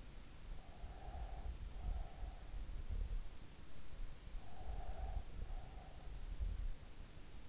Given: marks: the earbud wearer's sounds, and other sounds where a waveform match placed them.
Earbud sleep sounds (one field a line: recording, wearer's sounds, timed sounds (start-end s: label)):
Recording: sounds in sleep by an in-ear microphone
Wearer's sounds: breath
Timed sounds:
0.66-2.34 s: breath
4.41-5.85 s: breath